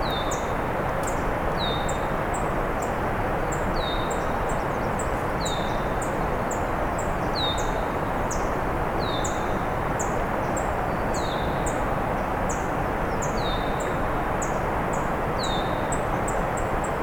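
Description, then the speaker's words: Red-winged Blackbird whistling over and over, each note a short falling slur repeated steadily, thin high ticking mixed in, heavy wind noise underneath. Calling continuously for a long stretch at a large, windy wetland along a road allowance skirting national park lands; a Swamp Sparrow ticking nearby. "Red-winged blackbird's been going on and on for a while."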